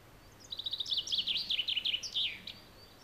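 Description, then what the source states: Common Chaffinch song: a quick trill accelerating into a descending run of sweet notes, ending in a short flourish. Females may choose a male partly because he sings loudly.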